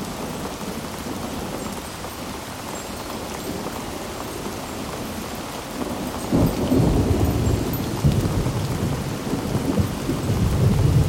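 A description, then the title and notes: Steady rain falls in a dense, even patter across the whole stretch, with scattered drops ticking brightly on top. Around six seconds a low rumble swells in and lingers, making the storm sound fuller and heavier toward the end. A Relaxing Storm.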